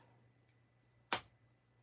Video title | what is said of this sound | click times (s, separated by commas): Team associated rc10gt2 rear suspension assembly and first fire up of the season! | bang nice click | 1.1 s